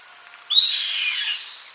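Bird giving a single thin, rising whistled note that slurs into a buzzy trailing tail, over a steady high hiss.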